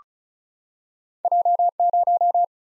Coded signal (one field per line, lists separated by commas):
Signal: Morse code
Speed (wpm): 36 wpm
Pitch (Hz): 700 Hz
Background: none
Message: J 0